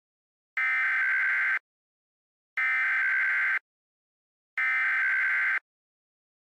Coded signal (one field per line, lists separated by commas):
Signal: Emergency Alert System (SAME) tones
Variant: header bursts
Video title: EAS Scenario: Georgia Weather Disaster